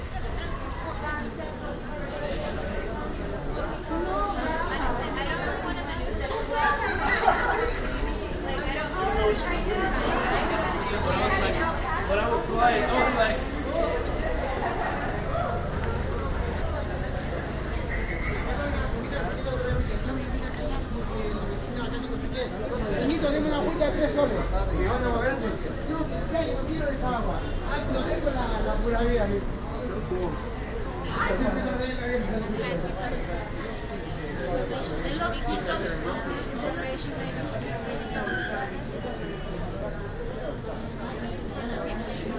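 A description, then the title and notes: Tourists and restaurant staff talk in a busy public space, with several voices overlapping in a steady murmur of conversation. The level stays fairly constant throughout, with occasional louder words and brief clinks or bumps rising out of the babble. Plaza de Armas Cusco, Peru. You hear, among others, German and American tourists in Cusco. We walk around the Plaza de Armas in Cusco in search of a restaurant. Restaurant staff promote their menus.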